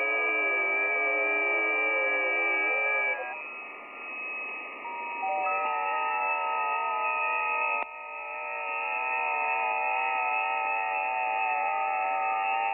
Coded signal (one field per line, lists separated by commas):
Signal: FT8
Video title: FT8 Decoding Digital Signals on Yaesu FTdx3000 receiving in the Netherlands 4/6/2023